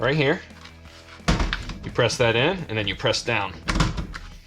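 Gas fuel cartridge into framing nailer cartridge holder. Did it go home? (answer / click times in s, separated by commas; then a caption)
yes / 4.2 s. A plastic gas fuel cartridge for a Paslode CF325Li cordless framing nailer has its metal guides inserted into the cartridge holder and is then pressed down. Someone talks throughout, and a few short knocks from handling are heard. The cartridge clicks into place at 4.2 s and is seated.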